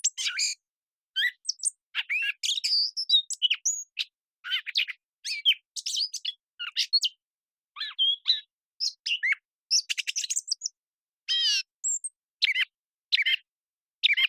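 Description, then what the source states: Gray catbird song: a long, rambling string of varied squeaky and whistled phrases with brief pauses between them. Long developing song string of whistles, squeaks, gurgles, whines, nasal tones and mimicry, phrases sung almost at random; cleaned and processed from a parabolic recording.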